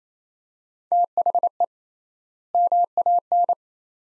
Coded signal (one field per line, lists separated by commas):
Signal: Morse code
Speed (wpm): 28 wpm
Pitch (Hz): 700 Hz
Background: none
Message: THE MAN